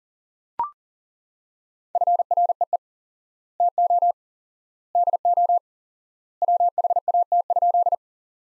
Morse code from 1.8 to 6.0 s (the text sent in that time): FREE TO DO